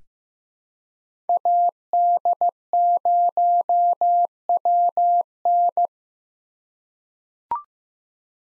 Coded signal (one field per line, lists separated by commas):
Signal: Morse code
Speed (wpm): 15 wpm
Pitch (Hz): 700 Hz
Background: none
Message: AD0WN